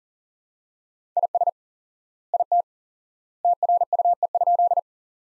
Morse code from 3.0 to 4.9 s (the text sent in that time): TRUE?